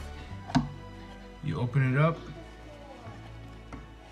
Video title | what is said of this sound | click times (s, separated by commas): how to install cabinet hinge restrictors Blum 38C315B3 Angle 86 Restrictor Clip Blumotion Hinge | hinge restrictor i'm gonna pop this out | 0.5 s